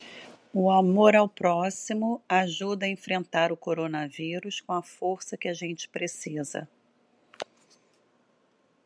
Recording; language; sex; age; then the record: spoken sentence; Brazilian Portuguese; female; 50 to 59 years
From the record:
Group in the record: control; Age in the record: 50 years